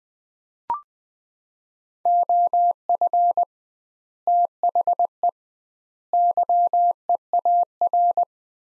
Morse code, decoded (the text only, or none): OF THE YEAR